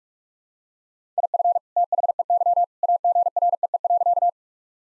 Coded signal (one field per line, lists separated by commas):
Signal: Morse code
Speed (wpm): 45 wpm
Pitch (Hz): 700 Hz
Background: none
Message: IF THEY AGREE.